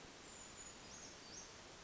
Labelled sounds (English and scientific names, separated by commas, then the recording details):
Brown Creeper (Certhia americana)
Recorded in Sonoma County, California